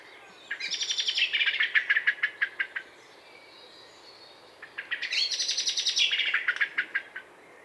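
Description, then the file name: Common blackbird chatter: two bursts of rapid, harsh notes. Each starts high and shrill, then slides lower into a rattling series, with a quiet gap between the bursts. "Turdus merula"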